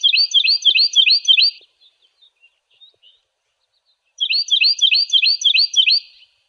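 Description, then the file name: Cactus wren song: two bursts of rough, scratchy repeated notes, each a fast string of several chugging syllables, separated by a pause of a few seconds. "CAWR 1 C deviche"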